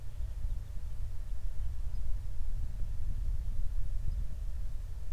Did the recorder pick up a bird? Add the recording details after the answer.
no. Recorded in the Prudhoe Bay oil fields, Alaska, on 28 July 2019 at 05:18. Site 25